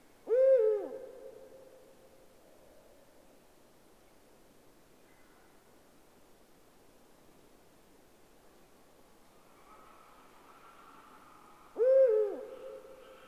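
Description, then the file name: Eurasian eagle-owl hoots: a pair of deep, brief notes about eleven seconds apart, separated by near silence with a faint tone late on. "puchacz zwyczajny Bubo bubo"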